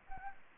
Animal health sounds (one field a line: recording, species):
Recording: mosquito wingbeat signal from an infrared sensor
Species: Anopheles gambiae